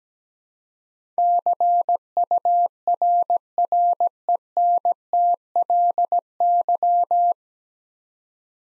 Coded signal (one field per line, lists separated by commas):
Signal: Morse code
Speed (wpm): 17 wpm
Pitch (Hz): 700 Hz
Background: none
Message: CURRENTLY